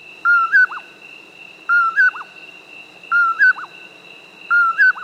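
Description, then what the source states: Common Poorwill calling a whistled poor-will phrase, repeated about every 1.4 seconds over a steady high hum. Nocturnal insect hunter of open, arid areas of the West and Midwest; its call, which says its name, is the easiest way to locate it.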